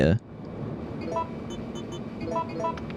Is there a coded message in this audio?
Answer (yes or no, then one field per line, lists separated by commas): no